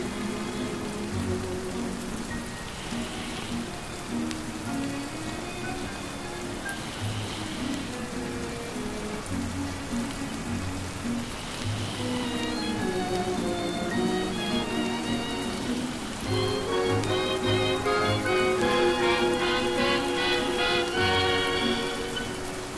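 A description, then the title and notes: Steady rain hisses evenly under old-fashioned 1940s-style music playing softly. The music holds low bass notes and mellow chords, growing fuller around the twelve-second mark and busier again after sixteen seconds, while the rain never lets up. Rainy Night in Bucky Barnes’ Brooklyn Apartment || Marvel Ambience.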